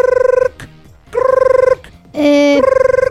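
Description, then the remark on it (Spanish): A telephone rings in loud, trilling electronic bursts with short pauses between them, broken once by a steadier two-tone beep before the warbling ring returns. “Por ejemplo, como me decían ayer, en Santiago del Estero, y llamo por teléfono.”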